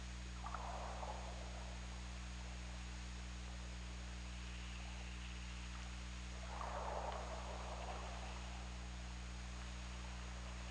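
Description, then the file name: Killer whale with two smeared mid-pitched calls about six seconds apart, underlaid by hiss and continuous low hum. OrcaLab hydrophone, 17 February 2018 at 22:54. "Orca Lab UTLN JASON 20180217 225432"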